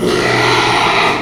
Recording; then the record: squeal of a Yucatan mini pig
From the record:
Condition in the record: after surgery on the right vocal fold (resection and tissue-engineered implant); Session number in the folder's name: 1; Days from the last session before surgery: 6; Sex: male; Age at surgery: 12 weeks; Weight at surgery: 13 kg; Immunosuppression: cyclosporine, prednisolone